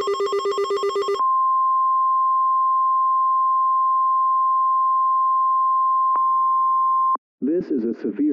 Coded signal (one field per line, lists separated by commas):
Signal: Emergency Alert System (SAME) tones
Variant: 1050 Hz attention tone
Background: speech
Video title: EAS Mock - Severe Thunderstorm Warning - WXK76, Flagstaff AZ